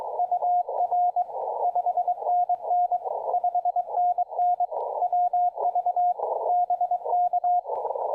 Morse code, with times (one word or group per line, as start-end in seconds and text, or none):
0.2-1.2 UR
1.6-3.0 5NN
3.3-4.7 5NN
5.0-6.1 WV
6.5-7.6 BK